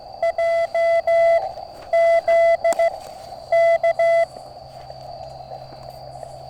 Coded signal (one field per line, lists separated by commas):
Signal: Morse code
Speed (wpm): 15 wpm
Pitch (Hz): 670 Hz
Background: none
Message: JZ K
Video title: QRP CW ~ Mountain topper QSO! MTR3B + Trail Friendly Portable Antenna